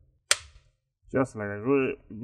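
With a HUAWEI MateBook D14 (Nbl-Waq9r) laptop opened to 45 degrees, the top and bottom covers are pinched and pressed so the bottom cover's edge tucks underneath. A single loud, sharp snap at 0.3 s is the edge clip seating into the chassis. Someone then talks.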